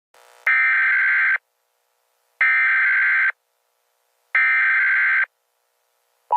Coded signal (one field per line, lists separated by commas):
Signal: Emergency Alert System (SAME) tones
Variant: header bursts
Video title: EAS Broadcast | Severe Tsunami Warning